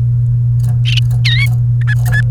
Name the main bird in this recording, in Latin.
Serinus canaria